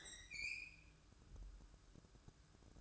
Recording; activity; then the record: daily activity, microphone in the room; open fridge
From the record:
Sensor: 2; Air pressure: 1007.6 hPa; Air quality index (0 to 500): 44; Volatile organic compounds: 1 ppm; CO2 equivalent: 552 ppm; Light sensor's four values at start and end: 11/26/11/11 and 11/26/11/11